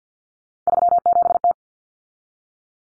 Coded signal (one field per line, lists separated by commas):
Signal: Morse code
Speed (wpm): 50 wpm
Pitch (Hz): 700 Hz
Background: none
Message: 37T